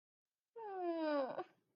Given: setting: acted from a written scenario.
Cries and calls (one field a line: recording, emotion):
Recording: vocal sound without words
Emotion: embarrassment